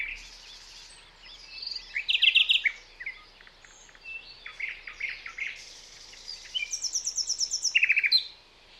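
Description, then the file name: Common nightingale song of fast buzzy trills and chirps, with a high rapid series of repeated notes near the end and another trill closing. "Luscinia megarhynchos"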